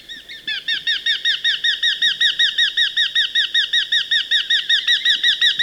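Eurasian hobby calling steadily throughout, a rapid, regular chain of sharp notes.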